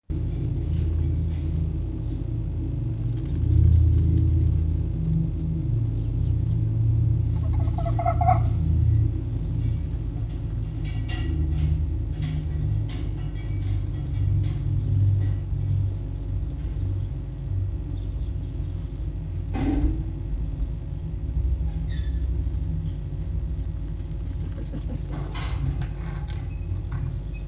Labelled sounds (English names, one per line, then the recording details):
Red Fox
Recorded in captivity
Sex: pair
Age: adult
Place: Zoologisches Institut der HUB, Berlin, DE
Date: 1956-02-22
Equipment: Elmetra
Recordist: Tembrock, Günter